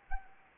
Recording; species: mosquito wingbeat signal from an infrared sensor; Anopheles arabiensis